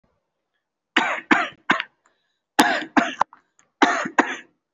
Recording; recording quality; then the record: shallow voluntary cough; excellent, no background noise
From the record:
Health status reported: healthy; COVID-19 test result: not tested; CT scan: not taken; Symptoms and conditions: none ticked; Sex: male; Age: 25 years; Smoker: yes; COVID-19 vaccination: one dose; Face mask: worn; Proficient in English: yes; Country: India